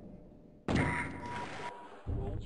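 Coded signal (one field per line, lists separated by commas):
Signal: none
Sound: game beeps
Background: speech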